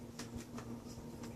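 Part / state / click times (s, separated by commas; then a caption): tinted face shield into helmet side mount / not seated / none. A tinted plastic face shield is positioned against the side mount of a Bell Vortex Patriot motorcycle helmet, after first being tried in the wrong slot. Faint, light scraping and tapping sounds at roughly 0.2, 0.4, 0.6, 0.9 and 1.2 seconds play over a steady low hum. Nothing has clicked or seated yet.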